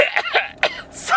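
A few short, deliberate cough bursts from a man, done on purpose rather than from illness.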